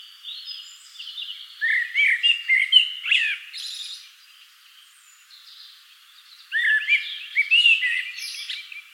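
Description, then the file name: Common blackbird song: two bursts of fluty warbled phrases around mid pitch, each ending in squeaky high twitters, separated by a few quiet seconds. "Turdus merula"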